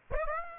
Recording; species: mosquito wingbeat signal from an infrared sensor; Aedes aegypti